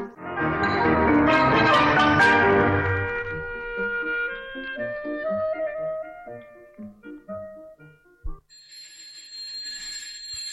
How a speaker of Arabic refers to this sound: طيب يا اللي بتضرب الجرس.